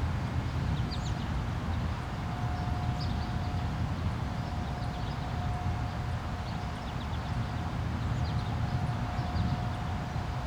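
Light rain falls as a steady, dense patter with a low rumbling undertone and a faint continuous hum running throughout. Small, high bird chirps come and go, scattered across the clip, slightly more often near the start and end.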